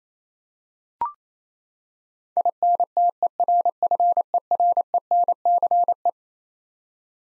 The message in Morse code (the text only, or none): INTERFERENCE